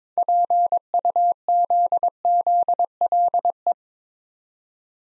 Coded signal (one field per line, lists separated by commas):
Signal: Morse code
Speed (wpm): 22 wpm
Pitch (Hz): 700 Hz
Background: none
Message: PUZZLE